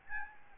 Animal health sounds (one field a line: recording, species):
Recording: mosquito wingbeat signal from an infrared sensor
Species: Aedes albopictus